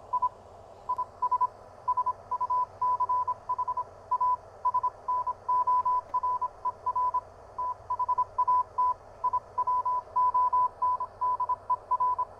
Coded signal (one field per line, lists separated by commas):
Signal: Morse code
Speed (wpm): 26 wpm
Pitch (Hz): 1000 Hz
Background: radio noise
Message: I IS SUCH A SNORER THAT I WONDER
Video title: Wait! Don't Buy This Pocket HF Ham Radio - uSDR Clone!!